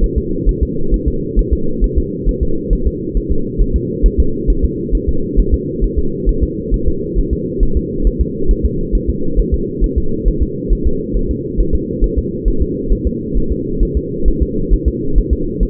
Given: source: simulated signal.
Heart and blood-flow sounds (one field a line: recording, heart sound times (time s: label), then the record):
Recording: fetal heart sounds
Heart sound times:
0.04 s: S1
0.18 s: S2
0.49 s: S1
0.63 s: S2
0.94 s: S1
1.08 s: S2
1.39 s: S1
1.53 s: S2
1.84 s: S1
1.98 s: S2
2.29 s: S1
2.43 s: S2
2.73 s: S1
2.87 s: S2
3.17 s: S1
3.32 s: S2
3.62 s: S1
3.76 s: S2
4.06 s: S1
4.20 s: S2
4.50 s: S1
4.64 s: S2
4.95 s: S1
5.09 s: S2
5.39 s: S1
5.54 s: S2
5.84 s: S1
5.99 s: S2
6.29 s: S1
6.43 s: S2
6.74 s: S1
6.88 s: S2
7.18 s: S1
7.33 s: S2
7.63 s: S1
7.77 s: S2
8.07 s: S1
8.21 s: S2
8.51 s: S1
8.65 s: S2
8.95 s: S1
9.10 s: S2
9.39 s: S1
9.54 s: S2
9.84 s: S1
9.98 s: S2
10.28 s: S1
10.43 s: S2
10.72 s: S1
10.87 s: S2
11.16 s: S1
11.31 s: S2
11.60 s: S1
11.75 s: S2
12.04 s: S1
12.18 s: S2
12.48 s: S1
12.62 s: S2
12.92 s: S1
13.07 s: S2
13.37 s: S1
13.52 s: S2
13.83 s: S1
13.97 s: S2
14.28 s: S1
14.43 s: S2
14.73 s: S1
14.88 s: S2
15.18 s: S1
15.33 s: S2
15.63 s: S1
From the record:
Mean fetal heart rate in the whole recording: 135 bpm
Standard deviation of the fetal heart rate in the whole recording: 3 bpm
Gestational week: 36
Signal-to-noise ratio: -8.1 dB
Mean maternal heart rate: 72 bpm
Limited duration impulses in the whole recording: absent